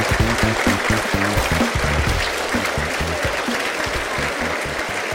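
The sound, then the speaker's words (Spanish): An assembly of people from across the Punilla Valley, gathered in Capilla del Monte after a theatre company's performance at the municipal campground, applauds emotionally: a steady, loud, dense wash of clapping that holds for several seconds, with a few low voices and shouts rising under it. “Los asambleístas de todo el Valle de Punilla, que se han reunido en Capilla del Monte, aplauden emocionados.”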